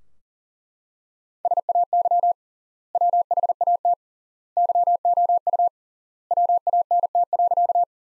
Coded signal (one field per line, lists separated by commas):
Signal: Morse code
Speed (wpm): 40 wpm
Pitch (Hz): 700 Hz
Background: none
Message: SAY WHAT YOU WANT.